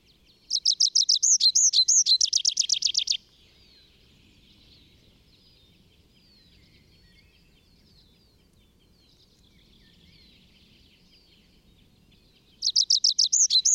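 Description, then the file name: Tree pipit song. A high phrase of quick repeated notes and swooping slurs lasts under three seconds. A long quiet gap follows, then another phrase begins at the end. Recorded in the Bavarian Forest, Germany, on 25 April 2015. "Baumpieper. Bayerischer Wald REG. Susanne Rieck"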